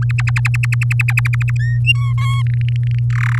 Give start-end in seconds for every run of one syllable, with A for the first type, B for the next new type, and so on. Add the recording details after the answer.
0.09-1.57 A, 1.59-1.80 B, 1.85-2.13 C, 2.18-2.42 D, 2.47-2.99 E, 3.10-3.39 F. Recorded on 7 May 2018 at 14:33. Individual llb16